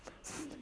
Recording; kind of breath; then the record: one breath in and out by a microphone near the nose and mouth; strong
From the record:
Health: marked as sick, illness not named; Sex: female